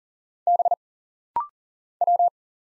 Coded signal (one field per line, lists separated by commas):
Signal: Morse code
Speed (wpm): 39 wpm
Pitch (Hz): 700 Hz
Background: none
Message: B W